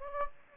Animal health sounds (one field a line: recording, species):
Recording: mosquito wingbeat signal from an infrared sensor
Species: Anopheles gambiae